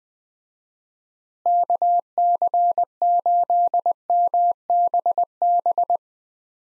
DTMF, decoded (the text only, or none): none